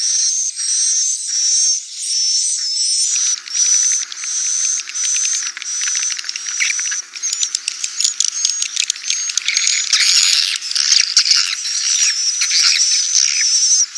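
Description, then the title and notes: Swiftlet calls begin as regular buzzy bursts, then turn into a chaotic mass of overlapping chirps and clicks, a high whistle persisting throughout. Swiftlet sound used for swiftlet farming in Asia. "Swiflet Bird Sound. Farming Swiflet Bird asia sound"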